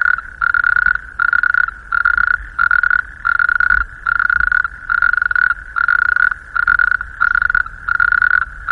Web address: natterjack toad